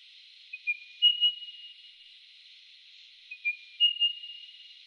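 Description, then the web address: Spotted pardalote giving two soft whistled phrases, each two short pips and two clear notes trailing into a faint sustained tone. Recorded in a garden in Canberra, Australia. "canberra-garden-birds pardalotes spotted-pardalote"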